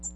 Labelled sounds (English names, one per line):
American Redstart flight call